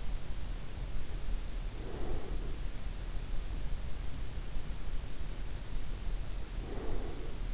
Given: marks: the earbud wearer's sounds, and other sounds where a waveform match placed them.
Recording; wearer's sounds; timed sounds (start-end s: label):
sounds in sleep by an in-ear microphone; breath
1.63-2.64 s: breath
6.57-7.54 s: breath